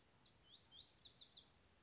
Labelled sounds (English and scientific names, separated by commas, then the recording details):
Lazuli Bunting (Passerina amoena)
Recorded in Sonoma County, California